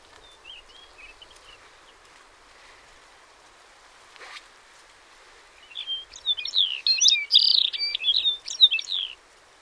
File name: laplandbunting